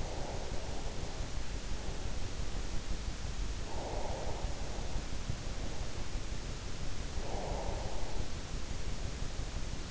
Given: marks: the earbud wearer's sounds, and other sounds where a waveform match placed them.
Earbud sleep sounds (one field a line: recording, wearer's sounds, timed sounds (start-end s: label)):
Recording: sounds in sleep by an in-ear microphone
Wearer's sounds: breath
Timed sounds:
0.00-1.74 s: breath
3.51-6.16 s: breath
7.00-9.06 s: breath